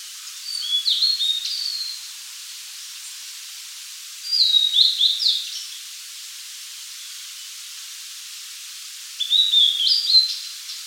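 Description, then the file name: Blue-and-white flycatcher song: three whistled phrases of jumping, slurred notes, separated by quiet pauses with hiss. "Cyanoptila cyanomelana"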